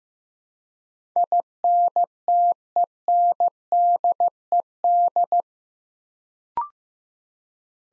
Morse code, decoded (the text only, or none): INTENDED